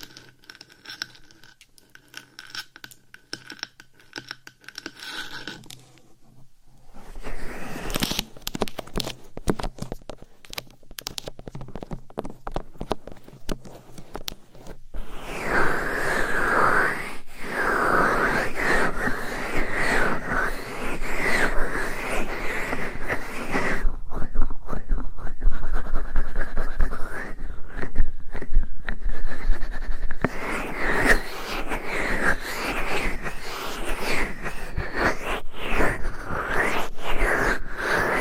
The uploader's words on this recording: ASMR Mic Scratching , Massage & Tapping in Your Ears. No Talking.